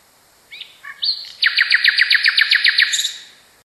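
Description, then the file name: Common nightingale singing a few short introductory notes followed by a loud, evenly repeated chopping series of about a dozen sharp notes, ending on a high note. Song variation. "kicauan nightingale. variasi. omkicau"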